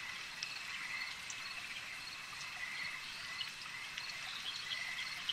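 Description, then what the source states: Insects buzzing in an even high wash of sound, with only a handful of soft ticks. A swarm of insects.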